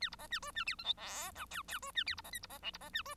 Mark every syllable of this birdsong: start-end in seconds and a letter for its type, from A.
0.00-0.10 A, 0.12-0.16 B, 0.18-0.27 C, 0.30-0.40 A, 0.42-0.51 D, 0.55-0.64 A, 0.66-0.76 E, 0.78-0.83 F, 0.84-0.93 G, 0.96-1.32 H, 1.35-1.46 I, 1.50-1.62 J, 1.68-1.79 J, 1.82-1.91 D, 1.95-2.04 A, 2.06-2.15 E, 2.17-2.21 B, 2.24-2.31 C, 2.32-2.39 K, 2.42-2.47 B, 2.50-2.58 C, 2.62-2.71 L, 2.73-2.78 B, 2.80-2.89 C, 2.93-3.02 A, 3.05-3.15 D